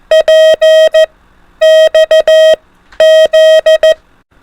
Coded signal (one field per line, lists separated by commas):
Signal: Morse code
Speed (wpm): 14 wpm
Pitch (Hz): 630 Hz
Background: none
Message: PXZ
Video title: FOR ADVANCED TRY THIS INCREASED SPEED 24 WPM / ALPHABET ONLY MORSE CODE PRACTICE